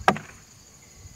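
A folding arm on a 50 kg payload agricultural drone is pushed into its arm lock on the frame, and a sharp click snaps out at 0.1 s, followed by a fainter echoing tick at about 0.2 s. A faint, steady high hum continues underneath, and the arm lock is clicked shut and seated.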